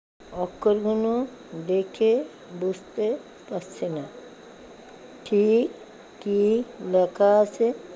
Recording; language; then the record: elicited speech; Bengali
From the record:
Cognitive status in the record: dementia